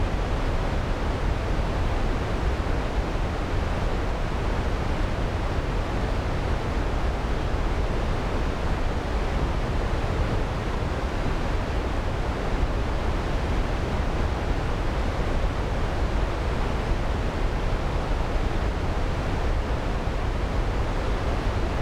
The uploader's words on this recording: Behold The Rumbling Waterfall.